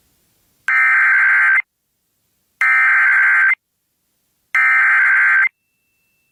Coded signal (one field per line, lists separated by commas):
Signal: Emergency Alert System (SAME) tones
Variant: header bursts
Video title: STORMS AND TESTS PART 4... EAS Alerts from 5/24/23 - 5/28/23 (EAS #2,316 - 2,345)